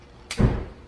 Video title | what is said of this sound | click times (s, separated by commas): Conclusion of the Rubicon Stubby Bumper Install On Christa's Jeep | ah hopefully you guys heard the snap | 0.3 s